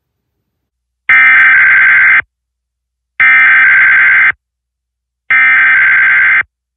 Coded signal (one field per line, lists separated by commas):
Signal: Emergency Alert System (SAME) tones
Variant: header bursts